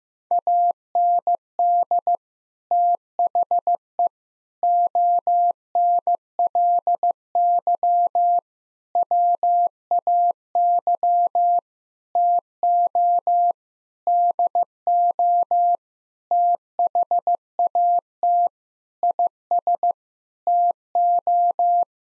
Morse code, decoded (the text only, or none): AND THE ONLY WAY TO DO THAT IS TO